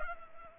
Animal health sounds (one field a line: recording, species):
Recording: mosquito wingbeat signal from an infrared sensor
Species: Culex pipiens